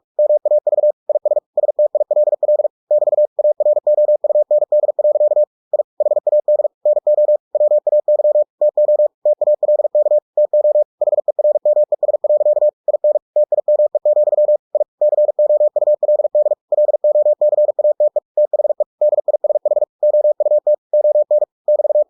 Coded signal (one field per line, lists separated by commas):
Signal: Morse code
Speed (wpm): 46 wpm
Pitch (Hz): 600 Hz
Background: none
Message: MAV IS STILL <BT> AROUND. I HAD NO WAY TO TALK TO HERMES. IN TIME, I COULD LOCATE THE DISH OUT ON <BT>